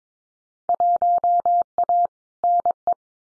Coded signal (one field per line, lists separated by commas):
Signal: Morse code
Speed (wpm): 22 wpm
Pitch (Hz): 700 Hz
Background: none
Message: 1A NE